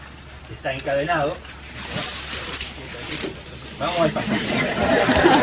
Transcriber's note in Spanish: risas